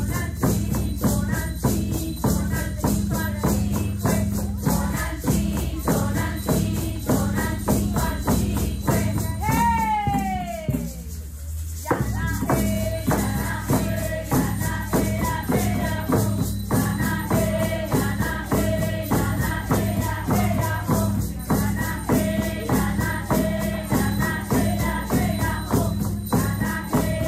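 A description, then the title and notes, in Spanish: Mexican ceremonial dance music with a steady, fast pulse of drum beats and dense rattling that stays loud throughout. Around ten seconds a high falling whistle-like tone sweeps down, followed by a brief pause before the drumming and rattles resume. メキシコから 伝統儀式の生中継. Ceremonia danza mexicana.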